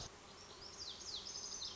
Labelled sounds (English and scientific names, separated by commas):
Lazuli Bunting (Passerina amoena)